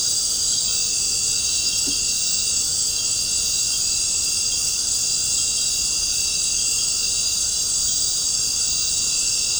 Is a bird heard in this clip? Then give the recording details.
no. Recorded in dense forest near Puerto Asís, Putumayo, Colombia, on 13 March 2025 at 19:00. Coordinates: 0.467, -76.328. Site G041